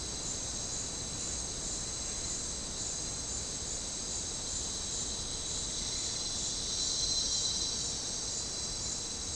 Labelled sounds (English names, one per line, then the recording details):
none
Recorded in dense forest near Puerto Asís, Putumayo, Colombia, on 13 March 2025 at 13:30
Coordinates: 0.467, -76.328
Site G041